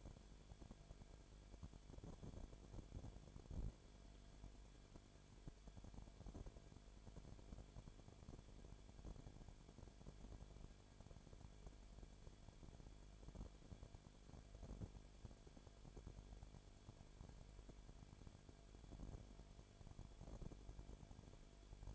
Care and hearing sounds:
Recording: daily activity, microphone in the room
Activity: no activity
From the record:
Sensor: 5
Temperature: 19.8 degrees Celsius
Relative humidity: 33.3%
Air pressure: 1001.4 hPa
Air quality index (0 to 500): 32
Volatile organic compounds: 1 ppm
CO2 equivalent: 525 ppm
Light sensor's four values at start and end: 2/3/1/1 and 2/3/1/1

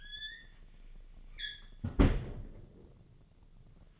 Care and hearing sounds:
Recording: daily activity, microphone in the room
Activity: close fridge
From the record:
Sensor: 4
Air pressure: 1010.4 hPa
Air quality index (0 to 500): 177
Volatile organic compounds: 5 ppm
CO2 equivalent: 1800 ppm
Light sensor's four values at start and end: 27/81/32/32 and 32/95/37/37

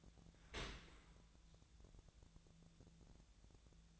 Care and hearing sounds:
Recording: daily activity, microphone in the room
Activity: open dishwasher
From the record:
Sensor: 3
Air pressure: 1000.5 hPa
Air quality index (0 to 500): 174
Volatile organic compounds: 3 ppm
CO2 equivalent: 1510 ppm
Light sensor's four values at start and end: 13/35/14/15 and 13/35/13/15

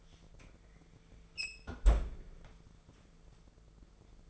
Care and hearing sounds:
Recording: daily activity, microphone in the room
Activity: close fridge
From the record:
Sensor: 5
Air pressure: 1014.9 hPa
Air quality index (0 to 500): 177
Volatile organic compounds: 7 ppm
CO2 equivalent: 1948 ppm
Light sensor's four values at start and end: 57/131/55/59 and 54/125/52/56

